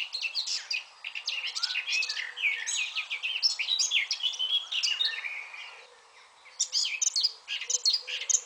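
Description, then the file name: Eurasian blackcap in a rapid, varied scratchy warble, falling briefly quiet before resuming with further bursts of chattering notes. "Sylvia atricapilla"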